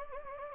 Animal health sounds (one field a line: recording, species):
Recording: mosquito wingbeat signal from an infrared sensor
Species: Anopheles gambiae